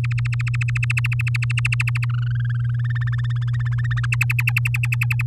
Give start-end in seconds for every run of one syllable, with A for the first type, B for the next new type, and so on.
0.04-2.05 A, 2.09-3.26 B, 3.30-4.06 C, 4.12-5.22 D